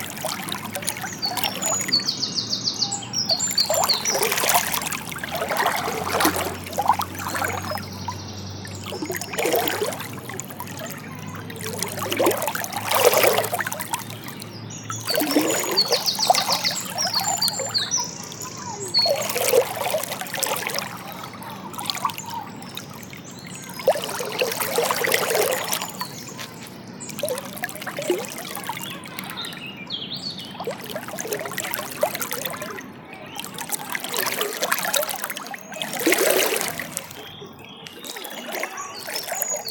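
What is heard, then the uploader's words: Someone paddles through a shallow river, feet or legs splashing in bursts every few seconds over a steady trickle of flowing water. The splashes are bright, with quieter dribbling between them, and a low rumble hums underneath during the first half. Paddling in the River Wandle. Morden Hall Park river paddle.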